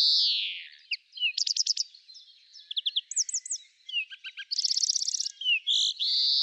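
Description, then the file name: European greenfinch twittering song: a drawn-out buzzy note opens and closes the phrase, with quick trills and rattles in between. "Chloris chloris"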